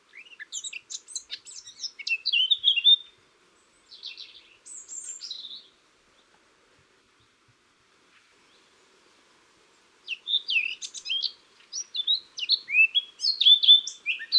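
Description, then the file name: Eurasian blackcap song: rich, varied warbling phrases of quick whistled notes, two bursts separated by a long silent pause, with a short phrase between them. "Sylvia atricapilla"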